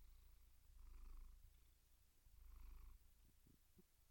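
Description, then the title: Domestic cat purr, a deep rhythmic rumble rising and falling about twice in four seconds. Gentle, rhythmic domestic cat purring. "Relaxing Cat Meow Sounds"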